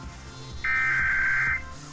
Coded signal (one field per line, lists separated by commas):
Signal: Emergency Alert System (SAME) tones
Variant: header bursts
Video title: EAS Tone Decoding Tutorial (Redux)